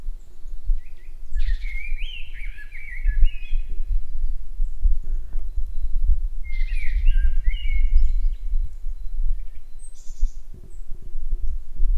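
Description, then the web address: Common blackbird song: two fluty warbling phrases several seconds apart, with some thin high notes, over a constant low wind rumble. Recorded at Grimsvik on 26 March 2016. "fagelljud 20160326 koltrast grimsvik"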